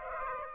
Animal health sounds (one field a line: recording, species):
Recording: mosquito wingbeat signal from an infrared sensor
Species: Aedes aegypti